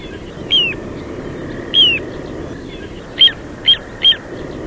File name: Charadrius dubius (song)